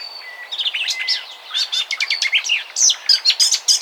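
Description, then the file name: Eurasian blackcap warble: a rapid tumble of sharp chirps and twittering notes. "Sylvia atricapilla"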